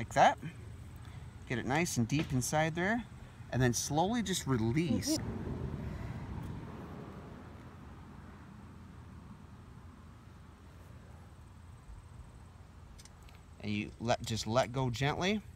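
A metal scissor mole trap is pushed deep into the soil and its spring is slowly released before it is let go, positioning it before setting. Someone talks over faint handling sounds, with a couple of soft ticks near 13.1 and 13.3 seconds. Nothing has set or clicked yet.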